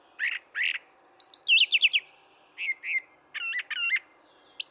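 Brown thrasher song: two rough notes, a quick run of looping whistles, then paired slurred notes and a doubled harsh phrase, separated by short silences.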